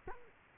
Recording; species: mosquito wingbeat signal from an infrared sensor; Culex quinquefasciatus